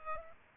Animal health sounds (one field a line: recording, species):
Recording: mosquito wingbeat signal from an infrared sensor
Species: Culex pipiens